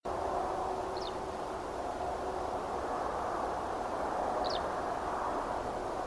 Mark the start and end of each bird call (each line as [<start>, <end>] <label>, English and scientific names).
[0.95, 1.11] Eurasian Skylark (Alauda arvensis)
[4.43, 4.59] Eurasian Skylark (Alauda arvensis)